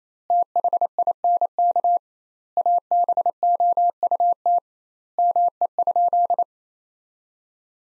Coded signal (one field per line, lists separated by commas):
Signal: Morse code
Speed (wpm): 28 wpm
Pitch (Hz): 700 Hz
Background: none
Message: THINK ABOUT ME?